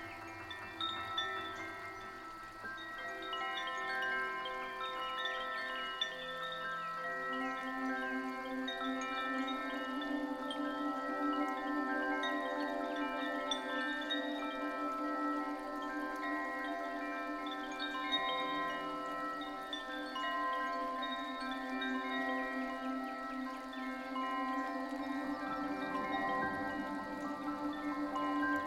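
Koshi chimes ring in a steady, shimmering wash of overlapping bright tones, joined by a low sustained hum from about seven seconds on.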